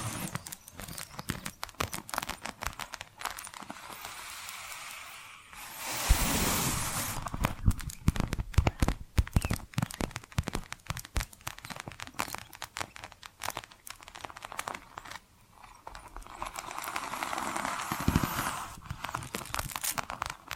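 Tapping and scratching sounds, with dense runs of quick, crisp taps and clicks across most of the clip. Around 6 to 7 seconds and again near 17 to 18 seconds, a louder, steadier scratching swells in, brighter and rougher than the taps, before the tapping resumes.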